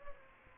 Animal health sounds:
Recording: mosquito wingbeat signal from an infrared sensor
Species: Aedes aegypti

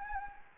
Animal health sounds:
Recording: mosquito wingbeat signal from an infrared sensor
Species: Anopheles gambiae

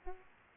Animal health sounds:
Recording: mosquito wingbeat signal from an infrared sensor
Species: Aedes aegypti

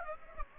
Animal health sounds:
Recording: mosquito wingbeat signal from an infrared sensor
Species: Aedes aegypti

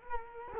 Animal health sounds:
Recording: mosquito wingbeat signal from an infrared sensor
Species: Culex quinquefasciatus

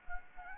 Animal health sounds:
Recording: mosquito wingbeat signal from an infrared sensor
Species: Anopheles gambiae

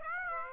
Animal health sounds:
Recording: mosquito wingbeat signal from an infrared sensor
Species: Aedes aegypti

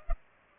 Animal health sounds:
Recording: mosquito wingbeat signal from an infrared sensor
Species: Culex pipiens

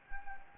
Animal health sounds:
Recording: mosquito wingbeat signal from an infrared sensor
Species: Anopheles gambiae

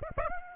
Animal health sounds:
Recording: mosquito wingbeat signal from an infrared sensor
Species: Aedes aegypti

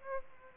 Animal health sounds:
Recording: mosquito wingbeat signal from an infrared sensor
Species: Aedes aegypti

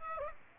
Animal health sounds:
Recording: mosquito wingbeat signal from an infrared sensor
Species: Aedes aegypti

